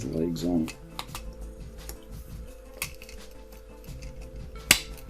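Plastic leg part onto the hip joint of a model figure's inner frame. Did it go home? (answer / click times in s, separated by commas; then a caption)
yes / 4.7 s. Plastic legs of a model kit figure's inner frame are pressed onto its hip joints while someone talks, with quiet handling ticks throughout. A sharp, loud snap at 4.7 s marks the leg seating firmly onto the hip joint with a positive click.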